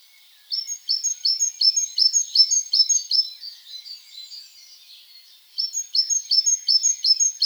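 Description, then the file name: Great tit calls: a fast run of bright, two-part high notes repeated about three times a second, a pause, then a second run of the same notes. "Parus major"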